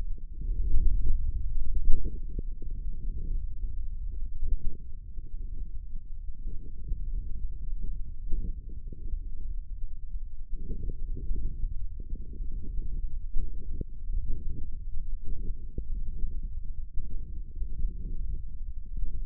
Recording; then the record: forearm muscle sounds (acoustic myography)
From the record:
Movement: ulnar deviation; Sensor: system 1, eight BSWA MPA416 microphones around the upper forearm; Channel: 5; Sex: male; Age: 54 years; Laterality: right